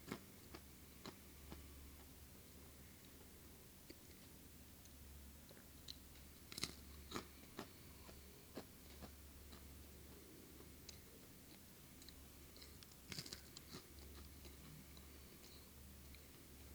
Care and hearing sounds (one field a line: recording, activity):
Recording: daily activity, guitar pickup as the sensor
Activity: eat